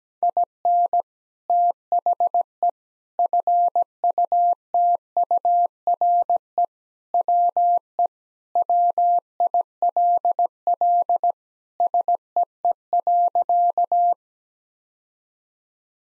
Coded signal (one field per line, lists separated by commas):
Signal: Morse code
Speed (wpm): 17 wpm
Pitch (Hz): 700 Hz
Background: none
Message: IN THE FUTURE WE WILL SEE.